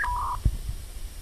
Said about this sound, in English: Yes, that's as fast as you'll ever need to go. Modem.